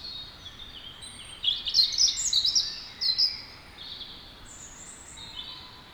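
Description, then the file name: European robin sings a rapid cluster of high, sparkling notes followed by a shorter phrase, then fades to faint thin twitters and background hiss. "Erithacus rubecula"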